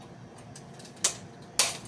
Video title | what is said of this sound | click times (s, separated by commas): How to replace a pull chain switch! | Okay, there we go. So it clicked into place. | 1.1 s, 1.6 s